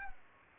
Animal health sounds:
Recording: mosquito wingbeat signal from an infrared sensor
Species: Culex pipiens

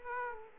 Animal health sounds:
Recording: mosquito wingbeat signal from an infrared sensor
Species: Aedes aegypti

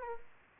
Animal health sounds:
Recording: mosquito wingbeat signal from an infrared sensor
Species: Aedes aegypti

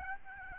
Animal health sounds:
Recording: mosquito wingbeat signal from an infrared sensor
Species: Aedes albopictus

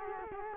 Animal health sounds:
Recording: mosquito wingbeat signal from an infrared sensor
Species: Culex quinquefasciatus

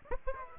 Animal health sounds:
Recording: mosquito wingbeat signal from an infrared sensor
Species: Aedes aegypti

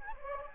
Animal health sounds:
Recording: mosquito wingbeat signal from an infrared sensor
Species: Anopheles gambiae

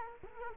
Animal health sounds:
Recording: mosquito wingbeat signal from an infrared sensor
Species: Culex quinquefasciatus

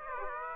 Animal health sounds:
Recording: mosquito wingbeat signal from an infrared sensor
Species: Aedes aegypti

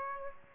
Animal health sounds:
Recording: mosquito wingbeat signal from an infrared sensor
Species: Aedes aegypti

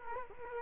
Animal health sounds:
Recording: mosquito wingbeat signal from an infrared sensor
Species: Culex quinquefasciatus

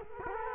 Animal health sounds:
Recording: mosquito wingbeat signal from an infrared sensor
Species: Culex quinquefasciatus

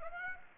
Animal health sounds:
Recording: mosquito wingbeat signal from an infrared sensor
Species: Aedes aegypti

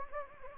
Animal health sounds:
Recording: mosquito wingbeat signal from an infrared sensor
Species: Anopheles gambiae

